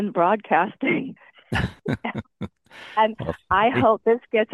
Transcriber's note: laughs